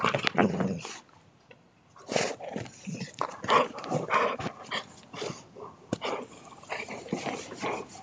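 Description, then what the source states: Dog giving a short low voiced sound at the start, followed by a run of scratchy clattering and tapping noises with brief pauses. A dog named Temper.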